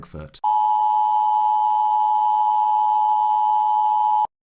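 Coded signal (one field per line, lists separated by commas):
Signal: Emergency Alert System (SAME) tones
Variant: 853 and 960 Hz attention tone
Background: speech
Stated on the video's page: Mock alert for a fictional global thermonuclear war.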